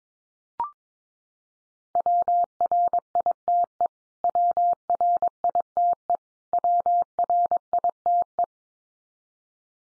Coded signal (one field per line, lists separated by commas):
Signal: Morse code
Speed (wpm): 22 wpm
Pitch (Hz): 700 Hz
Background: none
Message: WRITE WRITE WRITE